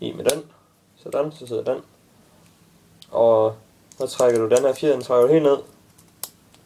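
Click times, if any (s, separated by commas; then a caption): 6.2 s. Someone talks while pulling the follower of a KWA Glock 18c airsoft pistol magazine all the way down until it locks. A sharp click at 6.2 s marks the follower seating, locked down.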